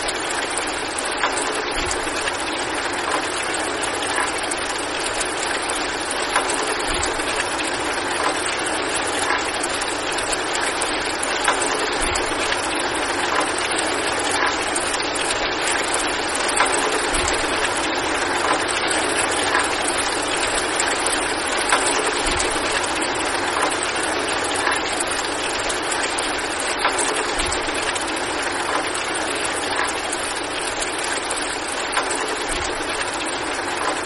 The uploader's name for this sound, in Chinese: 雷雨声